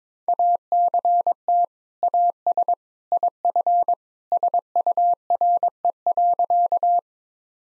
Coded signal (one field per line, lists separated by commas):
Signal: Morse code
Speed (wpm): 22 wpm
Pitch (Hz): 700 Hz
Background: none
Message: ACT AS IF SURE.